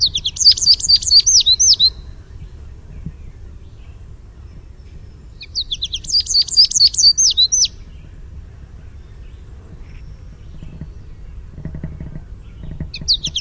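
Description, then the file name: American goldfinch contact song: two bursts of high, bright twittering notes with sweet slurred whistles, about five seconds apart, with a third phrase starting at the end; faint low rumble beneath. Contact song with "sweeet" notes. "AMGO contact song sweeet"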